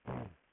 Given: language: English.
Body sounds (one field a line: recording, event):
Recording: throat vibration sensor signal played as sound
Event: throat clearing